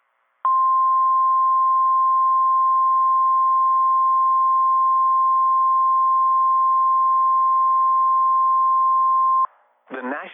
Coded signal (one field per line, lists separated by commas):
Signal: Emergency Alert System (SAME) tones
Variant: 1050 Hz attention tone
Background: speech